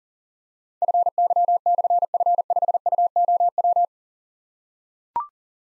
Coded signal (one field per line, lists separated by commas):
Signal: Morse code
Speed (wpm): 40 wpm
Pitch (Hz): 700 Hz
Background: none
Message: FY/F5UOW